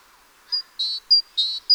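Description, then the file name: Great tit, a brief run of high thin whistles and harsh buzzes in alternation, two pairs and a further whistle. "Parus major"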